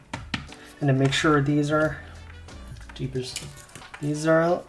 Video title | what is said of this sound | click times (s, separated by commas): Lexus SC400/300 Climate LCD Repair (Step By Step) | Now, make sure you hear the snaps cuz the the four areas here where it needs to snap in. | 0.1 s, 0.3 s